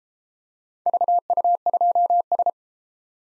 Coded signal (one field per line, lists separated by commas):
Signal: Morse code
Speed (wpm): 33 wpm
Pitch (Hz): 700 Hz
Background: none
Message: VU2S